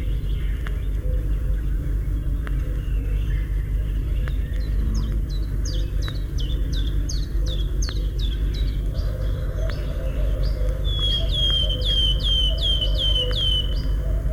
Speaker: Вот порхает с песенкой пеночка Трещотка.